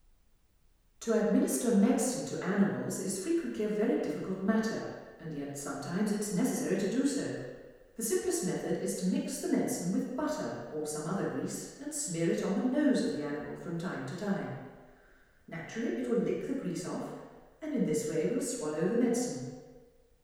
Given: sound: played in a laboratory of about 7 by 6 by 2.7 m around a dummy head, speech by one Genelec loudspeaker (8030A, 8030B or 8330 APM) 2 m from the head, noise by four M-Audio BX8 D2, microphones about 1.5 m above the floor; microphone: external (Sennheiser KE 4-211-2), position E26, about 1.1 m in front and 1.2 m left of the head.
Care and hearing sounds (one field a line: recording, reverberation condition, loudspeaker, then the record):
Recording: female speech in English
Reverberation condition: high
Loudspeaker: 120 degrees to the left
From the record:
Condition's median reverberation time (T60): about 1300 ms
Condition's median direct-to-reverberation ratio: about -4.0 dB